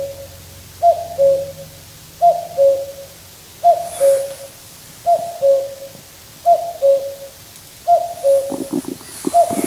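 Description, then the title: Common cuckoo giving steady falling two-note cu-coo calls at a regular pace, with a few brief clicks and rustles near the end. Summer night beside a river in Finland; crisp, clear calling. "来自芬兰一个夏天的夜晚，布谷鸟在河边清脆的叫声"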